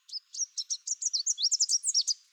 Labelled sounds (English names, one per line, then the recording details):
Chestnut-capped Warbler song
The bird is a male
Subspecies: delattrii
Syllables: 15
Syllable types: 13
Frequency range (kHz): 3.4-9.9 kHz
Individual CR-SOBB-M